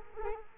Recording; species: mosquito wingbeat signal from an infrared sensor; Culex quinquefasciatus